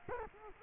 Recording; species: mosquito wingbeat signal from an infrared sensor; Culex quinquefasciatus